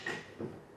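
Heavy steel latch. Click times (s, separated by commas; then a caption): 0.1 s. The release handle on the head of a PullRite SuperGlide fifth wheel hitch, mounted on a 2020 Ford F-250 Super Duty, is pulled against a fair amount of resistance to unlatch the jaws from the trailer kingpin. A sharp click sounds at 0.1 s, followed by a second, lower-pitched burst at about 0.4 s. The hitch is released and disconnected.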